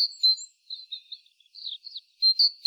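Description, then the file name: Great tit calls: scattered high, thin notes, some slurred and wavering, with two strong clipped notes toward the close. "Parus major"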